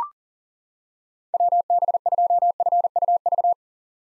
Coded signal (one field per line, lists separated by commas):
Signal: Morse code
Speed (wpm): 40 wpm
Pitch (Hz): 700 Hz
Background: none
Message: WB2FUV